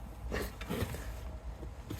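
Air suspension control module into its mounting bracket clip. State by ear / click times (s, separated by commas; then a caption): seated / 0.6 s. An air suspension control module (ride height module) on a 955 Porsche Cayenne is pushed up into position onto its mounting bracket clip. Amid handling rustles and a low background rumble, a short sharp click at 0.6 s marks the module seating in place.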